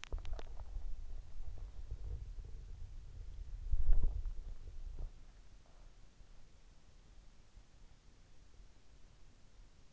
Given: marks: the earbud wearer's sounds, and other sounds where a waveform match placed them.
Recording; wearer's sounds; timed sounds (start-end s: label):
sounds in sleep by an in-ear microphone; body movement
0.00-5.30 s: body movement